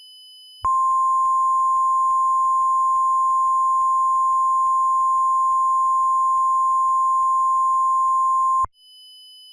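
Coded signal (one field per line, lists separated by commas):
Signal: Emergency Alert System (SAME) tones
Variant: 1050 Hz attention tone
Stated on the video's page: Fictional EAS scenario about a Diablo Canyon nuclear plant meltdown.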